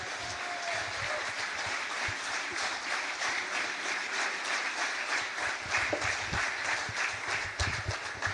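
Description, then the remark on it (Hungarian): A crowd applauds steadily, a dense, even wash of many hands clapping at once that holds at a constant level for several seconds without voices standing out. “És ennek tapsolnak a tahó terrornak.”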